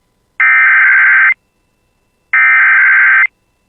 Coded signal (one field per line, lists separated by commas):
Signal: Emergency Alert System (SAME) tones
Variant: header bursts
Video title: [EAS] Tornado Warning for Red Lake Nation, Kelliher, and Blackduck w/ 2.5” Hail! (7/24/26)